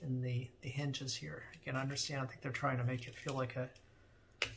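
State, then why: Seated. Someone talks while unfolding a stiff sunglasses temple arm at its plastic spring hinge on the frame. A single sharp snap at 4.4 s marks the arm seating into its open detent position. The hinge feels worryingly tight.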